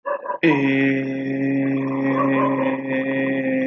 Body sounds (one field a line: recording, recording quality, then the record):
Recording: sustained vowel as in made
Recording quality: moderate, slight background noise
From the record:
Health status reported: healthy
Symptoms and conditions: none ticked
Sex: male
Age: 35 years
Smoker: not ticked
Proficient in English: yes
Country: India